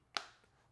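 The last corner of a Smartish Gripzilla phone case is pressed onto an iPhone 15 Pro Max and snaps into place with one sharp, bright click at 0.2 s, ringing briefly before fading. The corner is seated.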